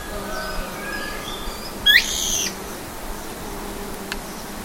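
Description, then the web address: Bird call: a single harsh, rising squawk lasting about half a second, then quiet with faint chirps and a soft click. "BIRD 2015 SABIOD"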